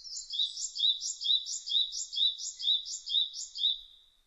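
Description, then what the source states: Japanese tit song: a high, bright two-note phrase repeated rapidly, about twice per second, in a steady run lasting roughly four seconds before fading out. Recorded 26 April 2006.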